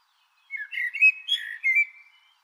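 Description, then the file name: Eurasian blackbird giving a mellow warbled phrase of fluty rising and falling notes, lasting under two seconds. "Turdus merula"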